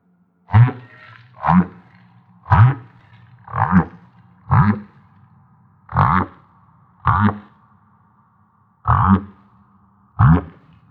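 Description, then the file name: Humpback whale song: nine short, low, pulsed grunts at uneven intervals over a faint background hum. At Maui. "Humpback Whale - Maui Whale One"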